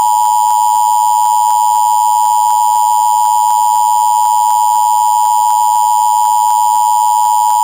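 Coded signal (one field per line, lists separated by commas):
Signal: Emergency Alert System (SAME) tones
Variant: 853 and 960 Hz attention tone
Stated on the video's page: EAS alert on Comcast cable for western Kentucky counties.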